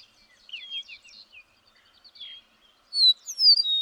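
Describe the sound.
Bird delivering soft, slurred whistles and chips, then a louder closing run of bright high whistles that sweep down and level off.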